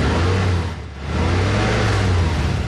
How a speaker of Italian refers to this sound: È un Infinity, sportività allo stato puro. È il sound del nuovo motore V6 Infinity ad alte prestazioni. Non sembra, eppure è un diesel.